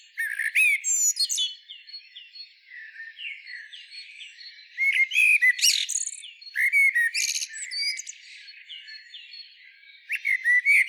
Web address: SETE data Turdus merula